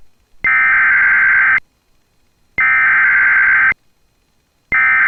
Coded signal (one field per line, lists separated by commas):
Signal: Emergency Alert System (SAME) tones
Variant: header bursts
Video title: THIS CAP WON'T BREAK... || EAS Alerts from June 18, 2024 (EAS #2,852-2,868)